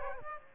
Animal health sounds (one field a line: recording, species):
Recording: mosquito wingbeat signal from an infrared sensor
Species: Aedes aegypti